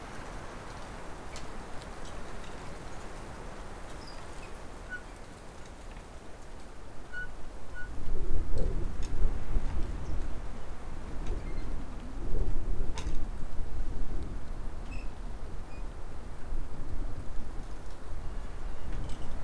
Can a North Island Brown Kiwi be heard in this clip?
no